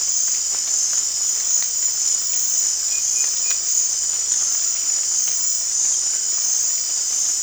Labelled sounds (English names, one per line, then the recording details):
none
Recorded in dense forest near Puerto Asís, Putumayo, Colombia, on 25 June 2025 at 23:00
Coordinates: 0.468, -76.322
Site GP03